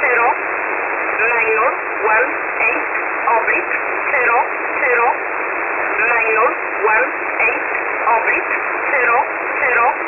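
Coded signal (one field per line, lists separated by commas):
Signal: numbers station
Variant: E11 Oblique, English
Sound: a voice reading groups of numbers, such as zero zero nine zero one eight, over hiss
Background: radio static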